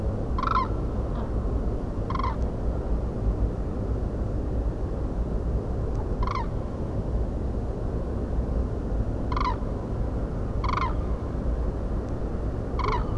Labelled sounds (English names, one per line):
Common Crane